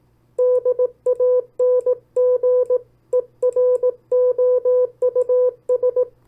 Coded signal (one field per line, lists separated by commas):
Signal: Morse code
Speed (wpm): 18 wpm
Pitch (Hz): 500 Hz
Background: none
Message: DANGEROUS